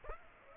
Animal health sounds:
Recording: mosquito wingbeat signal from an infrared sensor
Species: Aedes aegypti

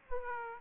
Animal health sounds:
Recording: mosquito wingbeat signal from an infrared sensor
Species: Aedes aegypti

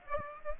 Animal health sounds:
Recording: mosquito wingbeat signal from an infrared sensor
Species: Aedes aegypti

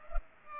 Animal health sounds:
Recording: mosquito wingbeat signal from an infrared sensor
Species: Culex pipiens

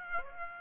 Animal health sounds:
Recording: mosquito wingbeat signal from an infrared sensor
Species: Aedes aegypti

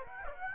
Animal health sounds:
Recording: mosquito wingbeat signal from an infrared sensor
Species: Aedes aegypti

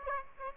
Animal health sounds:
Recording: mosquito wingbeat signal from an infrared sensor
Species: Aedes aegypti

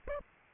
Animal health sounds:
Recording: mosquito wingbeat signal from an infrared sensor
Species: Aedes aegypti

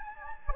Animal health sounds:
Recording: mosquito wingbeat signal from an infrared sensor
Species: Anopheles gambiae

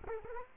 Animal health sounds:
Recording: mosquito wingbeat signal from an infrared sensor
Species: Culex quinquefasciatus

